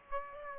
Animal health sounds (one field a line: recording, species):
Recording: mosquito wingbeat signal from an infrared sensor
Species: Aedes aegypti